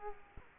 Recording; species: mosquito wingbeat signal from an infrared sensor; Culex quinquefasciatus